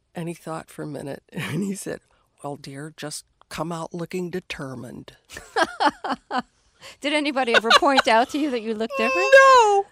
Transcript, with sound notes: And he thought for a minute and he said, well, dear, just come out looking determined.
(LAUGHTER)
Did anybody ever point out to you that you looked different?